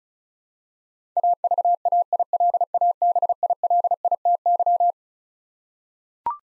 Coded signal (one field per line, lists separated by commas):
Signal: Morse code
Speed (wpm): 36 wpm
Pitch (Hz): 700 Hz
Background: none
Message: AVAILABILITY